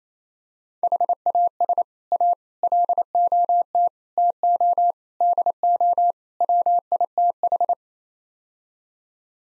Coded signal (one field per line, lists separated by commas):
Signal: Morse code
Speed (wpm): 27 wpm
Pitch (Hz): 700 Hz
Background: none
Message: HAS A LOT TO DO WITH